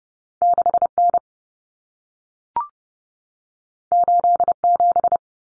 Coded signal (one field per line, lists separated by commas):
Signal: Morse code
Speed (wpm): 30 wpm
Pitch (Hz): 700 Hz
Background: none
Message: 6N 87